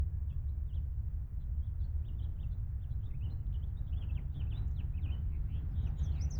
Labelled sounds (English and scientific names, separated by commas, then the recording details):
House Finch (Haemorhous mexicanus) song
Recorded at Wantagh on Long Island, New York, on 21 May 1975
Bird C